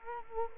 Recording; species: mosquito wingbeat signal from an infrared sensor; Culex quinquefasciatus